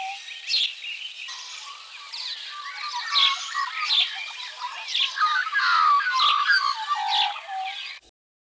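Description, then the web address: Magpie calls: a dense stretch of overlapping fluted, warbling and squawking notes, rising and falling in pitch, with sharp clicks now and then, ending abruptly. "birds sound magpiewb"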